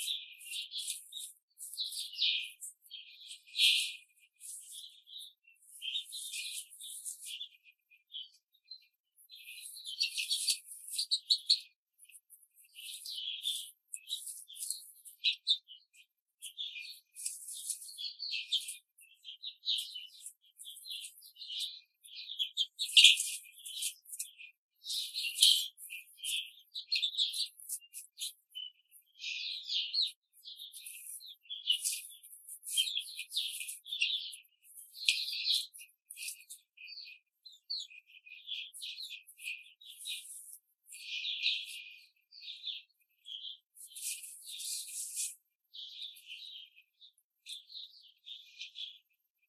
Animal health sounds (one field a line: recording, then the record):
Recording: young laying hens in a cage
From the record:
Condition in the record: control cage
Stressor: none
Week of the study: 5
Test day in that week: 1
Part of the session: 1